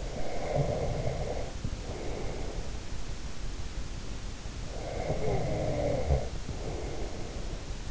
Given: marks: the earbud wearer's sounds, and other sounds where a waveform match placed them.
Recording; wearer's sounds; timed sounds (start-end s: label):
sounds in sleep by an in-ear microphone; snoring breath
0.00-2.87 s: snoring breath
4.67-7.66 s: snoring breath